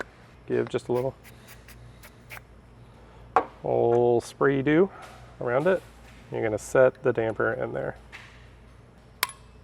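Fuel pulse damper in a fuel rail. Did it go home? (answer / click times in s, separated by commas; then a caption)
yes / 9.2 s. While someone talks, a fuel pulse damper with a silicone-sprayed O-ring is pressed into the fuel rail of a 370Z during a Z1 fuel return system install. A sharp, short click at 9.2 s marks the damper snapping into the rail, and it is seated.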